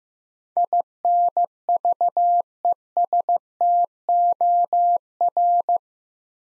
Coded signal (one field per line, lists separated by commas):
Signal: Morse code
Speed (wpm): 15 wpm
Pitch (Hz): 700 Hz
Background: none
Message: INVESTOR